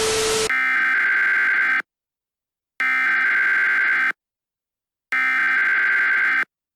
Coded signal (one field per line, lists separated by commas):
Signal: Emergency Alert System (SAME) tones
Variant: header bursts